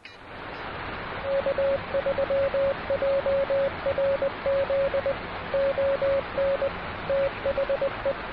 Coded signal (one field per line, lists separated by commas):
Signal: Morse code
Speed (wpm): 20 wpm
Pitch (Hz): 550 Hz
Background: radio noise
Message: K3JRZ ON THE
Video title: Something Unexpected on 12 Meters - POTA Activation